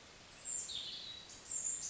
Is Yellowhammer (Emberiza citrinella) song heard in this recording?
no